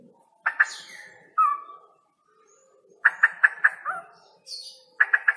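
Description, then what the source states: Straw-headed bulbul song: short rich phrases with a falling slurred whistle, and bursts of quick, bright stuttered notes. Male; loud voice, singing persistently (gacor); long 'roo-el' trills; a masteran recording for training other birds.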